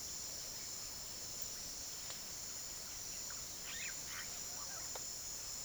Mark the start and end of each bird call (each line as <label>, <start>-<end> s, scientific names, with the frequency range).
Cacicus cela (0.4-5.5 kHz), 2.91-4.89 s